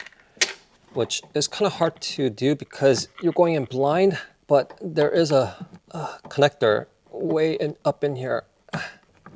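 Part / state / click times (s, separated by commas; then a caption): trailer wiring harness plug into vehicle rear body connector / seated / 8.7 s. Someone talks while reaching blind up behind the rear bumper of a 2025 Honda Pilot Trailsport and pushing the trailer hitch wiring harness plug into the vehicle's hidden rear body connector. A short, sharp click is heard at 8.7 s as the connector seats.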